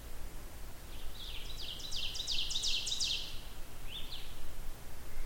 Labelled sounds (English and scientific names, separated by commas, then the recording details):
Ovenbird (Seiurus aurocapilla) song
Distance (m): 55 m
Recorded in boreal forest in Alberta, Canada, on 16 June 2016 at 06:15
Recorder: SongMeter 3, array SBT-3-32
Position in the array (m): 115 m, 145 m
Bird 37